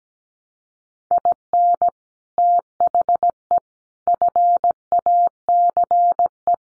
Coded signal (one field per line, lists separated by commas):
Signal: Morse code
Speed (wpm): 17 wpm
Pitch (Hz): 700 Hz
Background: none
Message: IN THE FACE